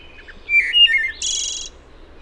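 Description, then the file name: Wood thrush song: one phrase of soft low introductory notes, then clear fluted whistles and a high buzzy, shimmering trill at the end. Recorded 26 April 2009. "WOTH 2009-4-26"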